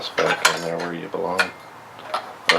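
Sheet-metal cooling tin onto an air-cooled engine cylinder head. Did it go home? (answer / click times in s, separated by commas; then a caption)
yes / 2.5 s. A sheet-metal engine cooling tin (deflector) is pressed onto the cylinder head area of an air-cooled VW engine on a 1968 Baja Bug while someone talks. Metallic clatter and scraping lead into a sharp snap at 2.5 seconds as the tin seats into position.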